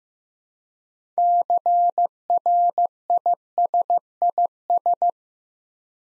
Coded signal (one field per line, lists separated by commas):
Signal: Morse code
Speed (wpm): 15 wpm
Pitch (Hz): 700 Hz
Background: none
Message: CRISIS